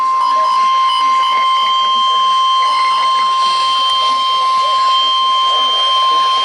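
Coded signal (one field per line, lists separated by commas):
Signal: Emergency Alert System (SAME) tones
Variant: 1050 Hz attention tone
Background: speech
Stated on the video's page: Multiple alerts; one weather radio transmitter was off air for most of the period.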